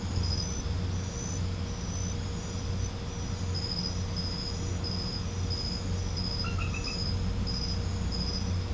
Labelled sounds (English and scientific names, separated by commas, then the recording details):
none
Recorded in pastures near Puerto Asís, Putumayo, Colombia, on 21 December 2024 at 21:00
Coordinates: 0.505, -76.324
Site G063